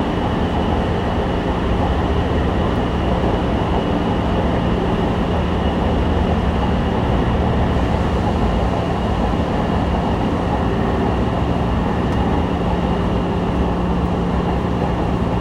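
A ride on the metro, heard as a steady, dense rumble of the train running without letup. A low hum holds underneath throughout, with a faint high whine on top, and the level stays even across the whole stretch with no distinct events.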